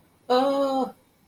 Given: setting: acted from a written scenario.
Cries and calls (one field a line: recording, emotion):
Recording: vocal sound without words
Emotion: distress